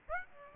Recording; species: mosquito wingbeat signal from an infrared sensor; Aedes aegypti